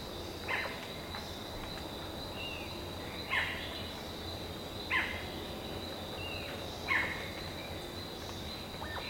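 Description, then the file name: Bird repeating a short sharp call roughly every two to three seconds, fairly quiet, over a constant buzzing background. "SABIOD 50 bird 2015"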